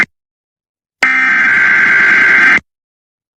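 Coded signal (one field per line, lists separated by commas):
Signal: Emergency Alert System (SAME) tones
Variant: header bursts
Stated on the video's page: EAS flash flood warning for Texas and Louisiana, heard on a Lake Charles station.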